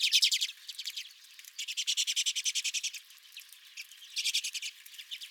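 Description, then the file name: Redpolls giving three distinct bursts of rapid buzzy trill notes, separated by quieter chatter. Several redpolls at the recordist's own bird feeder. "Redpolls at My Feeder"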